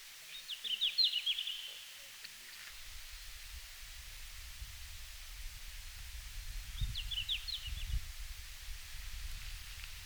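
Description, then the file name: Red-flanked bluetail singing a short, high, wavering phrase, repeated more faintly some six seconds later, while a low rumbling noise starts shortly after the first phrase. Recorded in Finland on 17 June 2019, at 17:00. "Robin à flancs roux-20190617-1700-Finlande"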